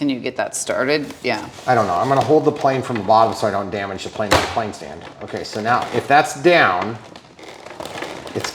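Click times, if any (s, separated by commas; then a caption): 8.4 s. Someone talks while a float strut piece is pushed into its mount on the float setup of an E-flite Carbon Z Cub SS 2.1 m RC seaplane, with the plane held from below so the plane stand isn't damaged. After a few soft knocks of struggling with the part, it clicks into the mount at 8.5 s.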